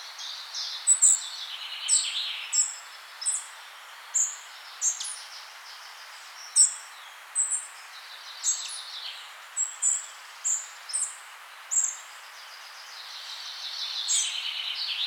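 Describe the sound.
Bird song of many bright, high chirps in close succession, mixed with raspier phrases, over an even hiss.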